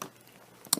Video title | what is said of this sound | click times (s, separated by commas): What We Love about the Shark Apex | putting it all back together it's fairly straightforward click into place | 0.7 s